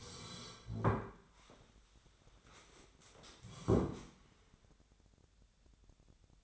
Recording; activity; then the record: daily activity, microphone in the room; sit down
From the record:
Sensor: 3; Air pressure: 1015.2 hPa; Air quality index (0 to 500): 181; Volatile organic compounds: 17 ppm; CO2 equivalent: 2602 ppm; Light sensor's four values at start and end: 13/34/14/14 and 15/38/15/16